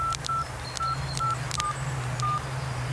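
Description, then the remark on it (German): A rapid series of short electronic keypad dialing tones on a mobile phone, about eight dual-pitched beeps in quick succession over a steady low hum, with faint clicks between them. “Hier, nehmen Sie mein Handy, ist gespeichert.”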